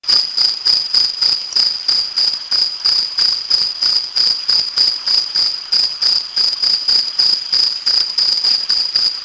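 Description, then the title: Modicogryllus cricket song: a clean, high chirp repeated about three times per second at a steady pitch, with nothing else audible. "Modicogryllus"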